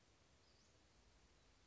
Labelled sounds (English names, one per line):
Western Flycatcher